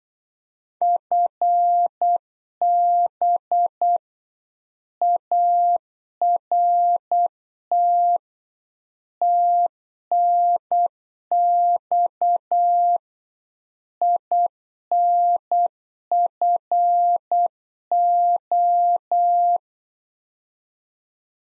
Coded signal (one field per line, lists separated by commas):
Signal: Morse code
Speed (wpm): 8 wpm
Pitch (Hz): 700 Hz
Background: none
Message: FB ART TNX INFO